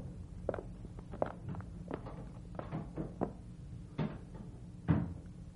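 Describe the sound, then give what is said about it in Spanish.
A door opens into a dimly lit room, followed by a series of soft, irregular footsteps entering, with a couple of heavier thuds toward the end, all over a low steady hum and no voices. “Abrí y entré a una habitación débilmente iluminada.”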